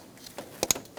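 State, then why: Seated. A plastic electrical connector on the engine wiring harness of a 2002-2006 Honda CR-V is pushed into its mating connector during starter reinstallation. A short sharp snap at 0.6 s is followed by a louder, crisp click at 0.7 s, with faint handling noise around it. The connector clicks in and is seated at 0.7 s.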